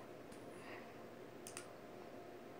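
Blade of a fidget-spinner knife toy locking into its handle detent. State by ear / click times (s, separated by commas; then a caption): seated / 1.5 s, 1.6 s. The blade of a fidget-spinner knife toy is opened, and the detent catch in its handle clicks the blade into its locked-open position. Two sharp clicks are heard at 1.5 s and 1.6 s over a steady low background hum, and the blade is left locked in place.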